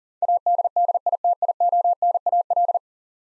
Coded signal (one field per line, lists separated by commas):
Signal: Morse code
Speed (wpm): 40 wpm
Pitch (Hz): 700 Hz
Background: none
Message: ADDITIONAL